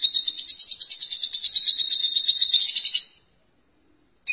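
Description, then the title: Lovebird chattering song: a fast, buzzy stream of high pulsed chirps lasting about three seconds, then a pause and the start of another burst. "Suara Burung Lovebird"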